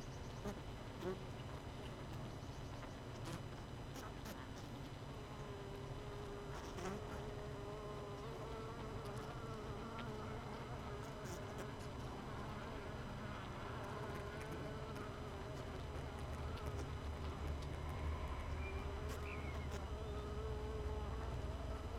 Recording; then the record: honeybee colony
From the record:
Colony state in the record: missing queen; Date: 31 May 2018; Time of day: 18:43